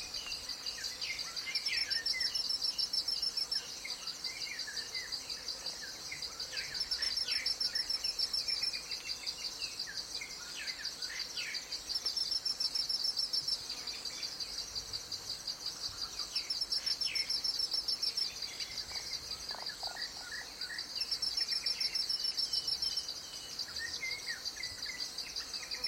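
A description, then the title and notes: A rainforest morning with a constant, high insect chorus that swells in regular pulses about every five seconds. Scattered bird calls, short chirps and whistles, come and go throughout over a quiet low background. Calm Morning In The Rainforest. Listen to a gorgeous assortment of Bulbuls, doves, parrots, weavers, coucals etc accompanied by a constant insect chorus in this part of the Congo basin rainforest.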